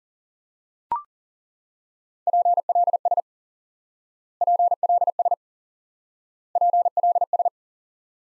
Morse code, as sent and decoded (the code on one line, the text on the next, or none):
.--. .-.. ... / .--. .-.. ... / .--. .-.. ...
PLS PLS PLS